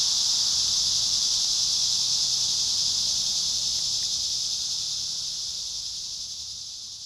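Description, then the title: Cicadas producing a steady high hissing buzz that begins strong and slowly fades away over the final seconds. Cicadas at Trinity. "neoscenes: cicadas at Trinity"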